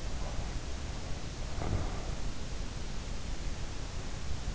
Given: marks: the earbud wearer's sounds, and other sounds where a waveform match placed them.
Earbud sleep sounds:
sounds in sleep by an in-ear microphone; snoring breath
0.00-2.33 s: snoring breath

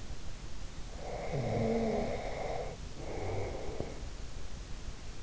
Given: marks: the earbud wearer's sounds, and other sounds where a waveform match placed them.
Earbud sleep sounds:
sounds in sleep by an in-ear microphone; breath
1.01-4.09 s: breath

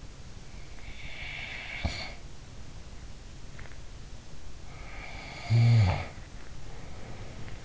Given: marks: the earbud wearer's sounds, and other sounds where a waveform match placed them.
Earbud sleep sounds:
sounds in sleep by an in-ear microphone; snoring breath
0.68-2.42 s: snoring breath
4.71-7.65 s: snoring breath

